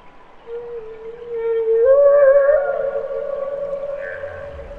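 Humpback whale song: a single clear tonal moan that holds steady, then swoops upward and settles into a sustained higher tone.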